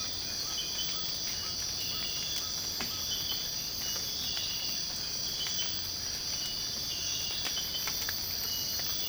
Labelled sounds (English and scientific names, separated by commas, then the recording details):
none
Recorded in secondary vegetation near Puerto Asís, Putumayo, Colombia, on 19 March 2025 at 05:30
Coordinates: 0.502, -76.326
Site G100